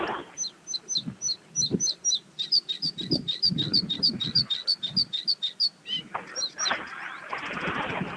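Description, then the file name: Bluethroat song of repeated high double notes speeding into a rapid ringing run, a lower downslurred note, then noisy rushing background. "gorge bleue"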